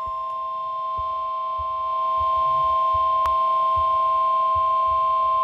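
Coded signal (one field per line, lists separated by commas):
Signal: Emergency Alert System (SAME) tones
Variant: 1050 Hz attention tone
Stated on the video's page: Special Marine Warning received over weather radio, with an internet failure during the alert.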